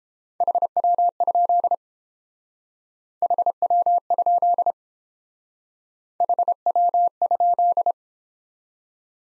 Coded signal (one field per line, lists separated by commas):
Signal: Morse code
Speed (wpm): 30 wpm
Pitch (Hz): 700 Hz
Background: none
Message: HW? HW? HW?